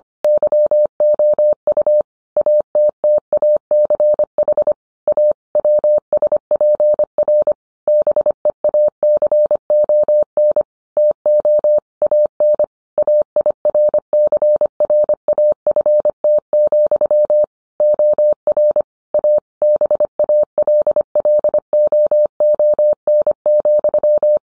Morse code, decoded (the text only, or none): YOU ATTACH A WSPR BEACON TO AN AIRCRAFT, OR A BALLOON,